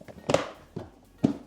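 The plastic tabs of a front trim piece are pressed into place around the front of a KidZone Lamborghini ride-on toy car. Sharp plastic clicks are heard at 0.3 s and 1.3 s, with a softer tap between them. The trim piece is seated and fully installed.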